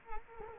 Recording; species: mosquito wingbeat signal from an infrared sensor; Culex quinquefasciatus